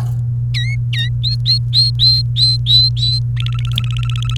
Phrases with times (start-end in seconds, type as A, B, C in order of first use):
0.54-1.08 A, 1.24-3.19 B, 3.37-4.37 C